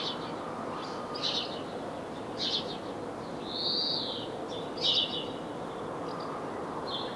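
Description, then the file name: House sparrow chirps, a handful of short bright notes scattered irregularly throughout, one slightly longer slurred note near the middle, over steady low background hiss. "Passer domesticus"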